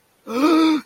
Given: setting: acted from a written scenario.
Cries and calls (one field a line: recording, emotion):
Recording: vocal sound without words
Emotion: pain